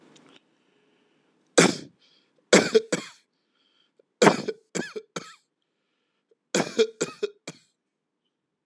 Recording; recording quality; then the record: heavy voluntary cough; excellent, no background noise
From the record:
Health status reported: healthy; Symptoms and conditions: diabetes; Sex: male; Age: 49 years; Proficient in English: yes